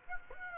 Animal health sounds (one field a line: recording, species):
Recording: mosquito wingbeat signal from an infrared sensor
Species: Aedes aegypti